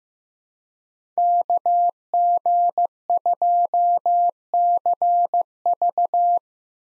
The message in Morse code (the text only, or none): KG2CV